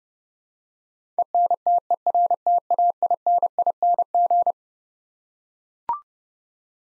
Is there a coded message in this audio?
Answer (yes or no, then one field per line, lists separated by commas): yes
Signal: Morse code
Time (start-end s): 1.2-4.5 s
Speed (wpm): 32 wpm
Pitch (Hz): 700 Hz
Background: none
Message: ENTERTAINING